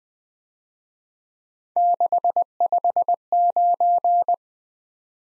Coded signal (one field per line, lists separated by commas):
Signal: Morse code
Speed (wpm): 20 wpm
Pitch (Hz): 700 Hz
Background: none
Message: 659